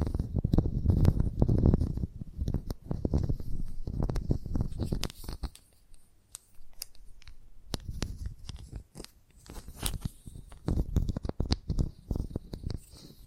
Chalk Sounds Tapping, Scratching, Carving